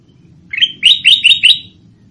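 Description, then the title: Sooty-headed bulbul song: one short phrase of five clear, rising whistled notes delivered in quick succession. "Suara Burung Kutilang"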